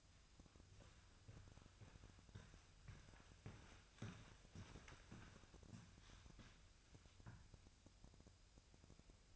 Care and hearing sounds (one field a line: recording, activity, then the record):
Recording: daily activity, microphone in the room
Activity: walk to room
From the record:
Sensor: 2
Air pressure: 999.3 hPa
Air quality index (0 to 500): 193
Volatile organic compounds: 25 ppm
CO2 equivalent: 2847 ppm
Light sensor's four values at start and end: 7/17/7/7 and 7/17/7/7